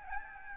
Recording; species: mosquito wingbeat signal from an infrared sensor; Aedes albopictus